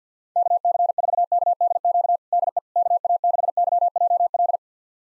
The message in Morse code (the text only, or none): KC4KDQ DE KA6YJL